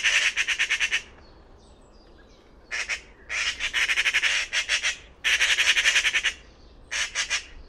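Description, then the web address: Bird giving rasping, rapidly pulsed squawks in stuttering bursts, with a quiet stretch near the start. "Bird Only More Classes Pi Pi Pi Pi"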